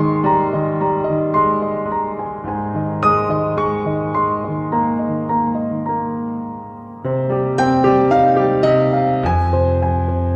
Calm Piano sounds with Light Rain and Thunderstorm